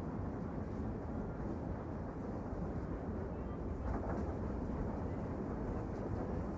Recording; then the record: background sound without coughing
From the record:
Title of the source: Train Ride Ambience ambient white noise for sleeping, focus, studying, reading